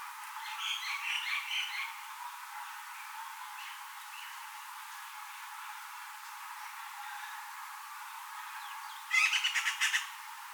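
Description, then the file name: Eurasian magpie chattering: a faint rasping burst early on, then a louder rapid rattle of several harsh pulses near the end, over steady background hiss. "Pica pica"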